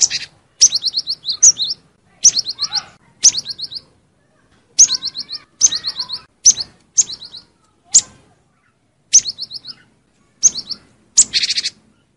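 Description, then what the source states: Lovebird piercing chirps in about a dozen short bursts, each a fast string of sharp high notes, repeated over the whole stretch. Lure call used for trapping birds.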